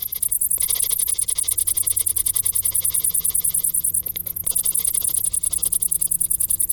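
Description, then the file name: Crickets keep up a continuous high, pulsing trill over a faint low hum. "Grillen"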